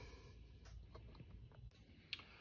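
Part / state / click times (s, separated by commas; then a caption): battery harness plastic clip into the original motor wiring adapter of a ride-on toy truck / seated / 2.1 s. A converted 24V battery harness plastic clip is pushed into the original motor wiring adapter connector of a Chevy Silverado 1500 RollPlay kids' ride-on truck during a 12V to 24V conversion. Faint handling taps come before a sharp snap at 2.1 s, followed by a softer tap. The clip is seated and connected to the original adapter.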